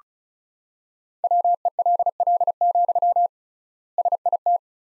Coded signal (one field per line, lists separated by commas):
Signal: Morse code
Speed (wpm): 34 wpm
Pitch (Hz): 700 Hz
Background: none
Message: WELL, SIT